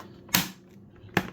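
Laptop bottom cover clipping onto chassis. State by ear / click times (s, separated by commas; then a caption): seated / 0.3 s, 1.2 s. Pressing the plastic bottom cover of an Acer Nitro 5 laptop down onto its chassis makes sharp snaps at 0.4 s and 1.2 s as more of its clips snap into place. The clicking is normal and means the cover is now seated in place.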